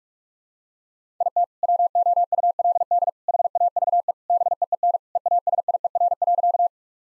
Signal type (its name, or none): Morse code